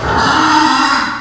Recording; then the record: squeal of a Yucatan mini pig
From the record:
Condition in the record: after surgery on the right vocal fold (resection and tissue-engineered implant); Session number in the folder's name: 16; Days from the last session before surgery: 183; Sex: female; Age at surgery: 19 weeks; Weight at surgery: 25 kg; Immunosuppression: prednisolone